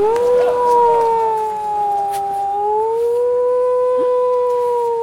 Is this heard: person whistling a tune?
no